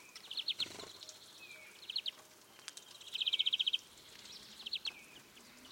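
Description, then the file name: European greenfinch: soft song of brief twittering trills and chirp groups separated by short pauses, over a quiet background. "Chloris chloris"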